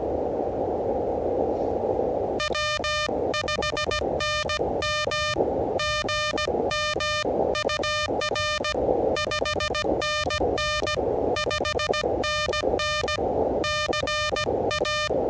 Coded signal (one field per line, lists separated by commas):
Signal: Morse code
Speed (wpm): 17 wpm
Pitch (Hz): 1210 Hz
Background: music, radio noise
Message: W5NM GM UR 5NN 5NN CA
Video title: Testing the Elecraft KH1 Internal Logger with a 16 WPM CW Morse Code Parks on the Air Activation